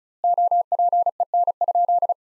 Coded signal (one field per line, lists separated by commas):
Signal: Morse code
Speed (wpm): 34 wpm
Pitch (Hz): 700 Hz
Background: none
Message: OPEN?